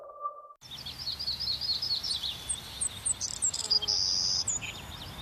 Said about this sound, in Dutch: Blijf genieten van het gefluit van vogels.